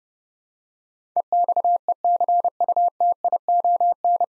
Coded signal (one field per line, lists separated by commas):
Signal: Morse code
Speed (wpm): 30 wpm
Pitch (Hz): 700 Hz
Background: none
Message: EXECUTION